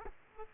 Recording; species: mosquito wingbeat signal from an infrared sensor; Aedes aegypti